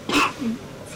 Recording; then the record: coughing mixed with background sound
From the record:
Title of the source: 64 coughing, allergies, singing lungs